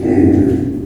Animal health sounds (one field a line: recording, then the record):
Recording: squeal of a Yucatan mini pig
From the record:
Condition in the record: before surgery on the right vocal fold (resection and tissue-engineered implant)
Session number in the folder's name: 3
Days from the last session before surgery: 0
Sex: female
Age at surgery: 19 weeks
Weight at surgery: 25 kg